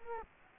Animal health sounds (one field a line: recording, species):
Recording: mosquito wingbeat signal from an infrared sensor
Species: Culex quinquefasciatus